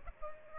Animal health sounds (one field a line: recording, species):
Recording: mosquito wingbeat signal from an infrared sensor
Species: Aedes albopictus